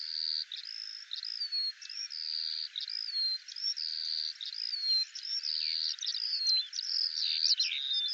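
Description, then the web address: Eurasian skylark song of drawn-out high whistled notes, many ending in a quick downward slide, with brief twittering flourishes near the end. "Deverinetal 2025 File cleaned normalized Bird Al Ar"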